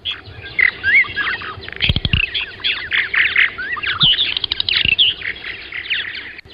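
Purple Martins calling as a colony: many overlapping chirps, gurgles and twittering notes in a continuous chatter, with a few low thumps.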